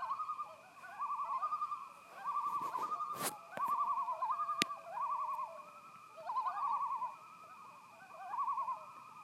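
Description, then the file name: Loon tremolo calls, quavering and rapid, repeated in bursts, with a few sharp knocks or clicks in the middle. Recorded 10 September 2018. "Loons Sunset Lodge"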